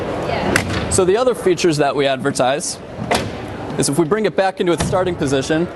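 After a button press, the assist handle on the 2019 GMC Sierra pickup's tailgate step is pushed back into its stowed position and snaps into place with a sharp click at 0.6 s. Someone then talks for the rest of the clip.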